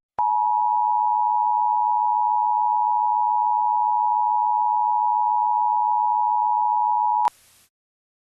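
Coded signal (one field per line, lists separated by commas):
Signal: Emergency Alert System (SAME) tones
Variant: 853 and 960 Hz attention tone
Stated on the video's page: Fictional EAS alert tied to a South Park hijacking.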